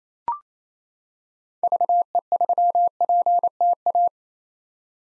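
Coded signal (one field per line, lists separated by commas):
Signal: Morse code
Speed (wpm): 28 wpm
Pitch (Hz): 700 Hz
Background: none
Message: VE3PTA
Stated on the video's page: Morse practice drill at 28 wpm: common POTA hunter callsigns, each sent twice, for head-copy drills.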